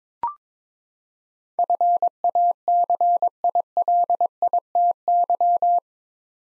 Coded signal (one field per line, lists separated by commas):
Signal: Morse code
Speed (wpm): 22 wpm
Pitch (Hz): 700 Hz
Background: none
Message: FACILITY